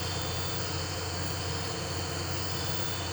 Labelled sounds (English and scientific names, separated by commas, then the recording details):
none
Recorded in pastures near Puerto Asís, Putumayo, Colombia, on 12 March 2025 at 02:00
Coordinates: 0.466, -76.322
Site CSA-02